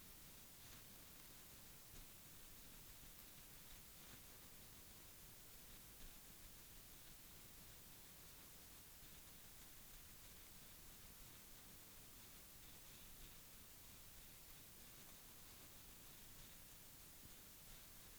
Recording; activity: daily activity, guitar pickup as the sensor; brush teeth